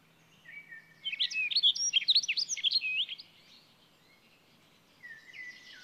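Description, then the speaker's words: Rustic Bunting song: a short, bright, rhythmic warble of high jingling notes, followed by a few quieter notes a couple of seconds later. Song heard in these spring weeks; described as a beautiful, rhythmically ringing warble; species declining. "Onnellinen se, joka näinä viikkoina vielä kuulee pohjansirkun kauniin, rytmikkäästi helkkyvän liveryksen."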